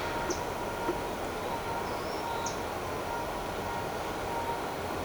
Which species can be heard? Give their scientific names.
Fluvicola pica